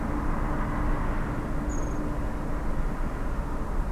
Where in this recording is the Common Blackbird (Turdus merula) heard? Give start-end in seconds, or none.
1.69-2.02